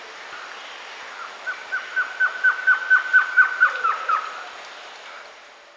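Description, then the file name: Blue-crowned trogon call: a steady series of about twelve short hollow cooing notes, slightly rising in volume then falling, over a soft hiss. Recorded in Peru, Amazon region. "Blue-crowned Trogon (Trogon curucui), Peru"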